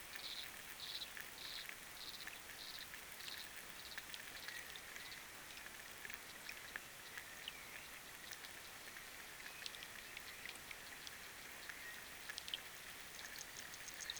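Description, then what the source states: Frog giving pulsed bursts in a regular series early on and again at the end, over constant rain patter and a hissing background. Recorded underwater with a hydrophone; rain and wind also present.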